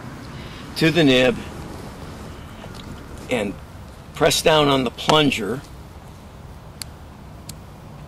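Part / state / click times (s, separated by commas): tree inoculant capsule plunger on injection nib / not seated / none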